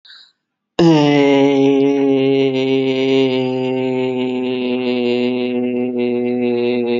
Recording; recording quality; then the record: sustained vowel as in made; excellent, no background noise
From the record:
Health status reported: healthy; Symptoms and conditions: none ticked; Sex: male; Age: 38 years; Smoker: not ticked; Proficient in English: yes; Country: India